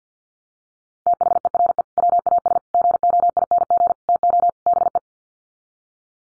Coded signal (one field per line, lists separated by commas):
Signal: Morse code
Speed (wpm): 50 wpm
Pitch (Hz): 700 Hz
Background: none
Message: THERE WAS GOING TO BE